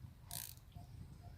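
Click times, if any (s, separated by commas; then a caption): 0.4 s, 0.6 s. A plastic cable tie is pulled tight around a PVC pipe frame, giving sharp ratcheting clicks at 0.4 s and 0.6 s over a low background hum. The tie ratchets tight and is seated.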